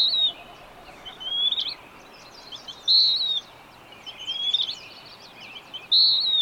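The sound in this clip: Bird song: a loud, high whistled note with a falling end repeats about every three seconds, with thin chirps and twitters between.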